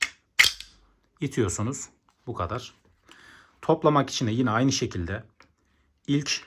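During reassembly of a Sar 109T (MP5-type) submachine gun, the firing mechanism is inserted into its slot in the receiver housing and pushed forward. A sharp metallic snap is heard at 0.4 s as it seats in place, after a brief click at the very start; someone talks before and after.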